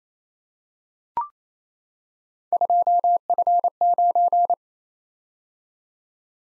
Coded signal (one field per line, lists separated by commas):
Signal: Morse code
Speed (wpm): 27 wpm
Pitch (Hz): 700 Hz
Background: none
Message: 2F9